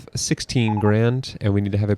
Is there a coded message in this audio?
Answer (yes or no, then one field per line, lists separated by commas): no